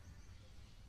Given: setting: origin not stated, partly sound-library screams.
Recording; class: one-second piece from a danger detection set; normal situation